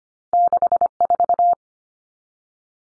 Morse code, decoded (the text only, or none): 64